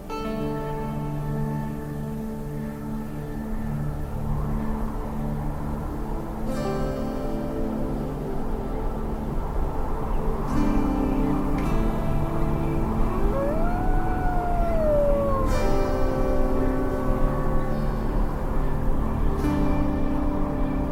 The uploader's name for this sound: Music and Nature Sounds